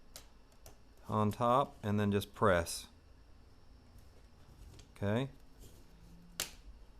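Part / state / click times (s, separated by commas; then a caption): phone into hard plastic case shell / seated / 6.4 s. An iPhone 13 is laid on top of the hard plastic inner shell of an Otterbox Defender Pro Series rugged case and pressed down. Someone talks, then a sharp click at 6.4 s marks the phone snapping and locking into the shell.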